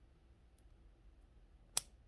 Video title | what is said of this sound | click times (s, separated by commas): BMW v8 misfire , 745,750,545,550,645,650,x5 | it's a little harder so you hear that click listen to that click | 1.8 s